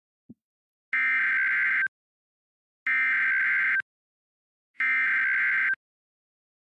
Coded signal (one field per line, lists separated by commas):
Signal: Emergency Alert System (SAME) tones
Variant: header bursts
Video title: DID YOU LOVE ME? - An EAS Scenario